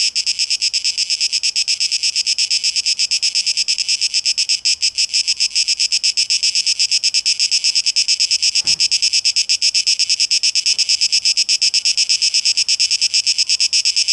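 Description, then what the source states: Cicada song, a loud high buzzing throb with rapid, steady pulsing, a brief low thud midway. 12 August 2023, tape echo mix.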